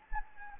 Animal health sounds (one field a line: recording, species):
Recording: mosquito wingbeat signal from an infrared sensor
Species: Anopheles gambiae